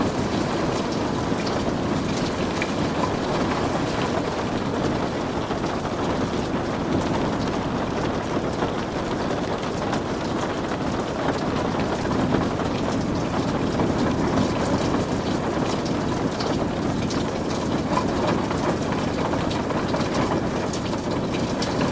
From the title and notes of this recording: In this episode, we bring you the calming sounds of raindrops tapping on the windowpane. This episode features only natural soundscapes with no dialogue or voice. Rain on the Window. The gentle patter of rain.